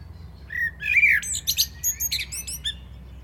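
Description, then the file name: Common blackbird song, a low mellow whistle leading into a string of high, thin, squeaky twittering notes. "Turdus merula"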